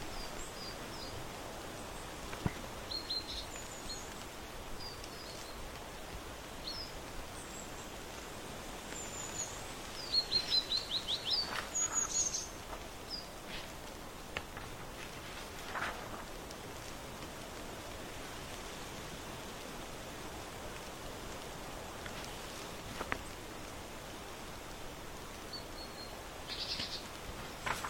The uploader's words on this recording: Birdsong, crunchy leaves, flipping books. On the porch in autumn.